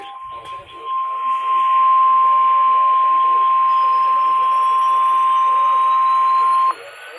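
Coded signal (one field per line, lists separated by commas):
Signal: Emergency Alert System (SAME) tones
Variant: 1050 Hz attention tone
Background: speech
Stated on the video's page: Required Weekly Test from an NWS weather radio station, received on Motorola T260 Talkabout radios.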